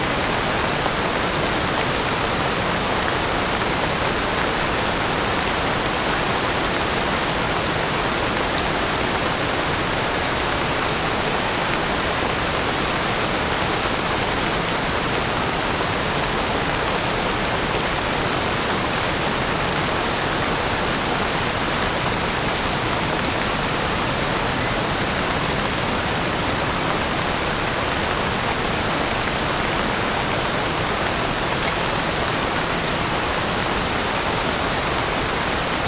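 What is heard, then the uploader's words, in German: Gentle forest rain patters steadily on leaves and the ground, a dense, even hiss of countless drops that stays unchanged throughout. Sanfter Waldregen. Lassen Sie sich vom sanften Frühlingsregen in diesem detaillierten ASMR-Aufnahme in die Ruhe entführen. Hören Sie, wie das Wasser auf den Blättern tanzt, mit einem sanften Plätschern auf dem Waldboden. Es tropft stetig auf die weiche Erde.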